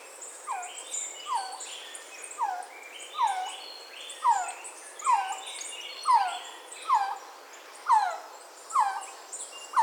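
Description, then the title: Resplendent quetzal repeating a falling whistled call many times. "Resplendent Quetzal (Pharomachrus mocinno)"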